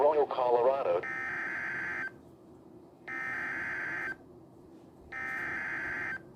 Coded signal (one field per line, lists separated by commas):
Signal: Emergency Alert System (SAME) tones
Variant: header bursts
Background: speech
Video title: [EAS #2] Special Marine Warning for Coastal Waters (27/05/24)